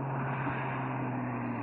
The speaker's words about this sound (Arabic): أهو جه، أنا عارفة فرامل عربيته.